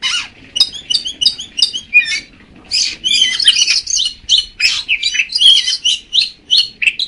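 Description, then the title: Magpie-robin song: a rapid run of varied whistles and harsh chirps in short bursts, with a few rising and falling whistled notes. "Kacer"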